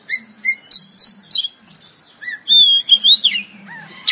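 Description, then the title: Oriental magpie-robin song: clear whistled notes and slurred phrases, some rising, others falling, over a faint low hum. "Kacer"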